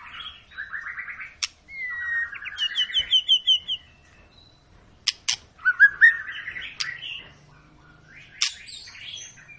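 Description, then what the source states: White-rumped shama song, rapid trilled runs and warbled phrases with sharp clicks and a few clear whistles. Long lure recording (pancingan) of a shama singing vigorously (gacor), used to prompt other birds to sing.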